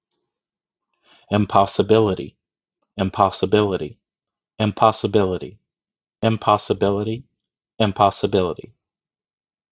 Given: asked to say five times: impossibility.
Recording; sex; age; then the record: repeated word; male; 30 to 39 years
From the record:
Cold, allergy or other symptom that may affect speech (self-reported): no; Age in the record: 35 years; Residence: Ohio, United States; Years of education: 14